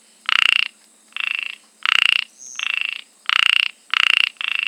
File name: Microhyla ornata